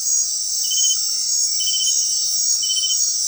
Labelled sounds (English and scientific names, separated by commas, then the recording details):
none
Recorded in dense forest near Puerto Asís, Putumayo, Colombia, on 20 February 2024 at 20:30
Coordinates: 0.500, -76.322
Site G6465